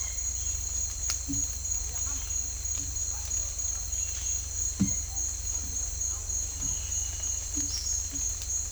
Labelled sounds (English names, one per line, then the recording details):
none
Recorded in dense forest near Puerto Asís, Putumayo, Colombia, on 21 December 2024 at 08:30
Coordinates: 0.467, -76.328
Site GP05